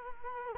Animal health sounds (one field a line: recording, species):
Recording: mosquito wingbeat signal from an infrared sensor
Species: Culex quinquefasciatus